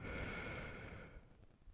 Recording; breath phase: one breath near a microphone; exhalation